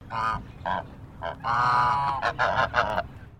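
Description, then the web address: Chinese goose honking, a run of about eight harsh, nasal honks, one drawn out, the others short and quick, with low background rumble. "Sound Effects-Foundation 1 BIRD GEESE CHINESE HONK"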